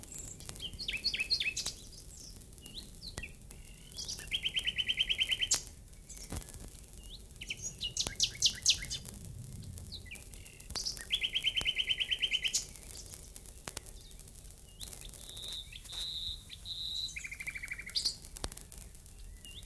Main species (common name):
Common Nightingale